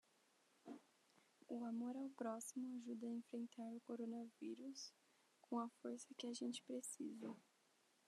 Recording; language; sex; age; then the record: spoken sentence; Brazilian Portuguese; female; 20 to 29 years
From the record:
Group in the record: control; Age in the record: 20 years